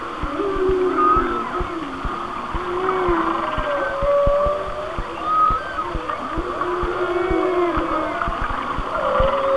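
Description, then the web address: Whale song of overlapping low moans and bending tones, with thin high whistles sliding in and out against a steady crackle of clicks. "Natures Songs Whale Songs Whale Songs- Mike Mc Donald"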